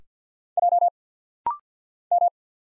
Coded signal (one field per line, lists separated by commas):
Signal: Morse code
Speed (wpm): 50 wpm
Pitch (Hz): 700 Hz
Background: none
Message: J M